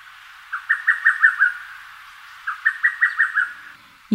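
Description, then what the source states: Lesser cuckoo singing two rapid phrases of clipped, emphatic whistles, five or six notes each, about two seconds apart, with a brief low thump at the very end. Rikugien garden, Tokyo, Japan.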